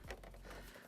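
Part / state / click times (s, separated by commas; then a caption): clip or connector on plastic engine air filter housing / seated / 0.1 s. While refitting the plastic engine air filter housing on an Audi after an air filter change, a clip or connector on the air box is pushed home and gives a sharp click at 0.1 s. Softer crinkling taps follow at about 0.2 and 0.3 s, and the part is seated.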